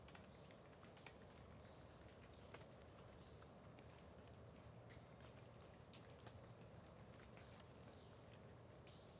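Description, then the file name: Cricket chorus, a constant thin high buzz without pause, with sharp clicks like dripping water and a soft low hum underneath. Dawn ambience in Terra Ronca park near the road, with dripping water also present; AB stereo recording. "Ambiencia parque terra ronca perto da estrada amanhecer com bacurau, gotejar, grilos"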